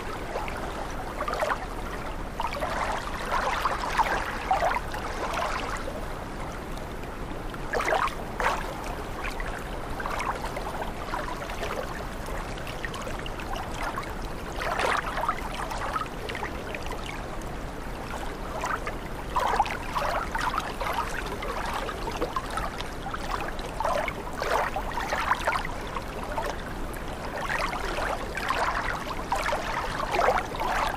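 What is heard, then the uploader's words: Water sloshes and splashes steadily, with irregular brighter slaps every few seconds, like small waves against a boat hull, over a low rumble. Water Sounds.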